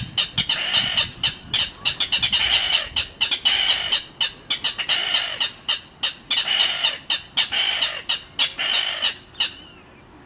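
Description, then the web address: Mangrove rail giving a long, harsh clattering series of rapid, uneven kek notes, with no other clear sounds. "Mangrove rail. صدای پرنده یلوه حرا"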